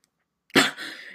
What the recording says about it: I'm only 16. I have a very bad cough and a very bad throat symptom thing. I'm just clearing my throat a lot.